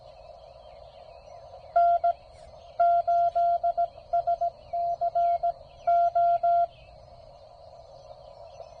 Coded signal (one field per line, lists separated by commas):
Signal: Morse code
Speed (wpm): 18 wpm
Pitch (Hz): 690 Hz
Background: none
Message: N8SCO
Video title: Penntek TR54L "Skinny" Maiden voyage. POTA Activation